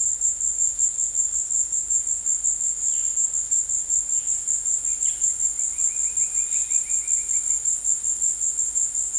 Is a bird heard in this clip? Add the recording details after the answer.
yes. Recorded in dense forest near Puerto Asís, Putumayo, Colombia, on 22 December 2024 at 15:00. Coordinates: 0.485, -76.318. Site GP03